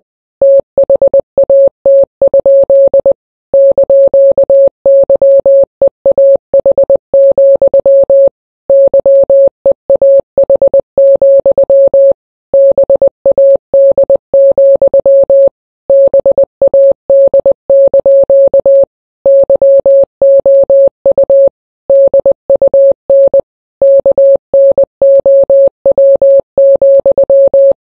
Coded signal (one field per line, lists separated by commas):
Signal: Morse code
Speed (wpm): 20 wpm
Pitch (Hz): 550 Hz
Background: none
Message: THAT? )YEAH, YEAH, BAD, BAD) YOU DUN KNOW,